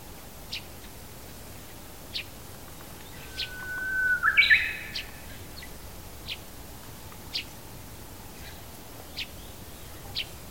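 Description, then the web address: Japanese bush warbler song: one long, steady whistled note followed by a quick rising-and-falling warbled flourish, with brief high chirps recurring throughout. Recorded 23 March 2019. "shonin. uguisu 20190323"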